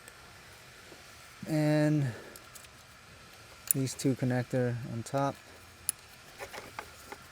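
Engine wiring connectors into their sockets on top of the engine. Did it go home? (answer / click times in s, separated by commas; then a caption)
yes / 5.9 s, 6.8 s. During reassembly after a spark plug change on a 2017–2023 Cadillac XT5, two plastic electrical wiring connectors on top of the engine are plugged back into their sockets while someone talks. Sharp clicks at 5.9 s and 6.8 s mark the connectors seating.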